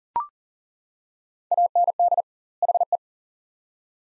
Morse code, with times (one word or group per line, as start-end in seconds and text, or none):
1.5-2.2 AND
2.6-3.0 HE